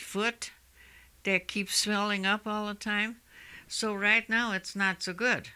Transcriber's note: none